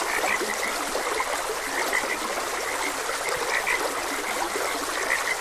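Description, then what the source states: Frogs give short croaks again and again against a steady background of trickling stream water. Frogs croaking beside a gentle stream; continuous nature ambience.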